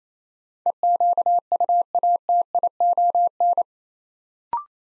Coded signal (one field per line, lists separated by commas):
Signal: Morse code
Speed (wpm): 28 wpm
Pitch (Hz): 700 Hz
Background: none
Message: EQUATION